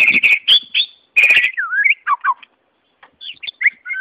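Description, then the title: White-rumped Shama song: two loud buzzy bursts, then looping whistled notes that dip and rise, ending in a few spaced, clear whistles. "murai batu"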